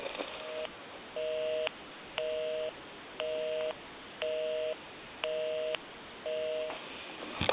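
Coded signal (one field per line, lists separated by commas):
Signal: telephone call progress tone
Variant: North America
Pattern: busy tone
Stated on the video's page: Call progress tone on a wood wall touchtone telephone during initial checkout for repair.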